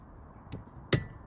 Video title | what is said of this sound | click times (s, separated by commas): 5 Tips all drivers should know, full video. | You'll hear it click. | 0.9 s